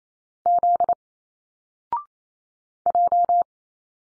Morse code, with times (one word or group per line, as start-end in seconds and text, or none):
0.5-0.9 Z
2.9-3.4 J